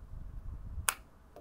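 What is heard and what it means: An Insta360 Go 2 mini action camera is pushed into its magnetic charging case and snaps in with a single sharp, bright click at 0.9 s, followed by a faint softer tap at 1.4 s over a low background rumble. The camera is seated in the case.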